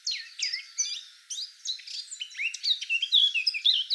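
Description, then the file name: Eurasian blackcap song, a fast varied warble of scratchy and sweet high notes, rising and falling without pause through the whole passage. "Sylvia atricapilla"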